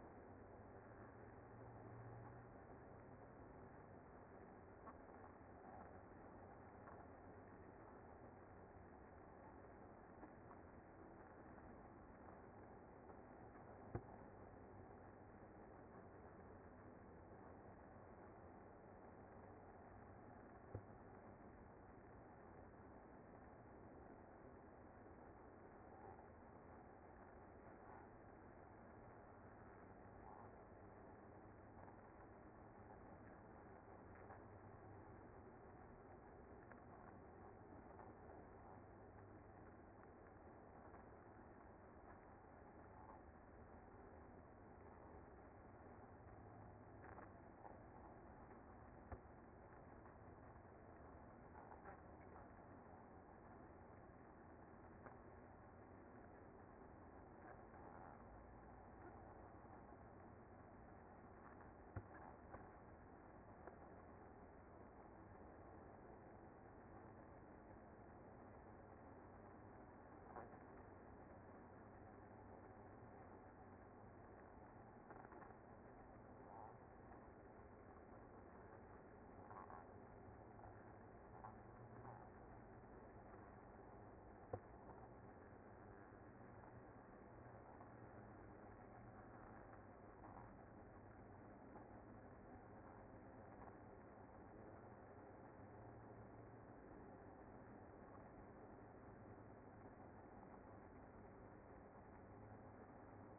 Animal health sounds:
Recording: honeybee colony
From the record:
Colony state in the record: active

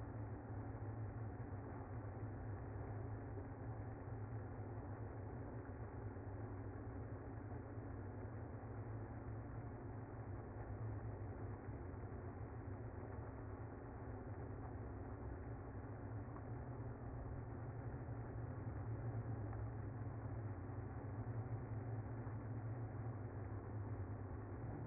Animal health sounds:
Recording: honeybee colony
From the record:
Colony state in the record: active

